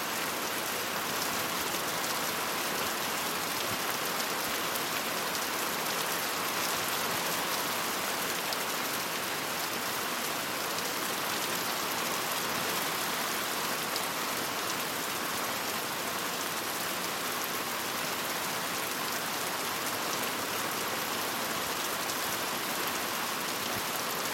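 Steady rain falls in a dense, unbroken hiss that stays even throughout, bright, with fine patter and almost no low rumble.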